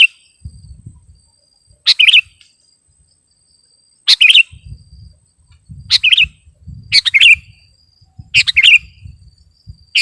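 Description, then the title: Sooty-headed bulbul song: quick liquid phrases of a few notes, spaced one to two seconds apart, against a faint high steady tone and soft low background noise. "kutilang"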